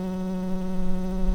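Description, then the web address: Tree bumblebee buzz, a steady, even drone with a strong low fundamental and many evenly spaced overtones, lasting throughout without a break. Workers. "Hypnorum workers"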